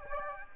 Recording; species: mosquito wingbeat signal from an infrared sensor; Aedes aegypti